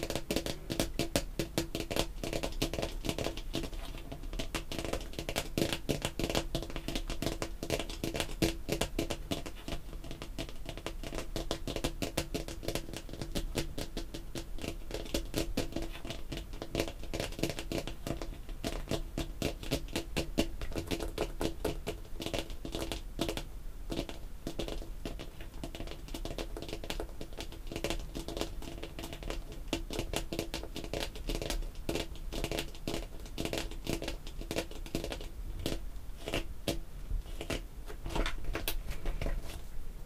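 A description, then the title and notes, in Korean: Artificial nails tap rapidly and steadily on perfume bottles and lids, a dense stream of crisp clicks at an even volume throughout. 인조손톱 태핑. 향수, 뚜껑 등.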